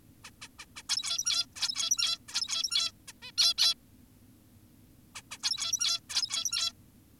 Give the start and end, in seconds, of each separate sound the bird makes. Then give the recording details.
0.24-0.31, 0.42-0.48, 0.59-0.66, 0.76-0.82, 0.90-1.46, 1.56-2.18, 2.29-2.92, 3.08-3.13, 3.22-3.32, 3.38-3.54, 3.58-3.74, 5.15-5.22, 5.31-5.38, 5.43-6.00, 6.10-6.73. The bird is an adult. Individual g17y2U